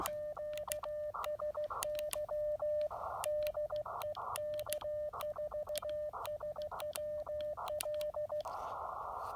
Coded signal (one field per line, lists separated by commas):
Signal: Morse code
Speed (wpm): 16 wpm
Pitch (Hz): 600 Hz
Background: radio noise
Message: QSY DE K4SWL